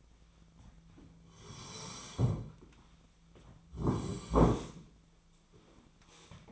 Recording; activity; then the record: daily activity, microphone in the room; sit down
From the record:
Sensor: 1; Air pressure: 1008.1 hPa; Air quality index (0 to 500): 190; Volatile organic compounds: 17 ppm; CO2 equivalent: 2578 ppm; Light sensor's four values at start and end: 13/33/13/15 and 13/33/13/15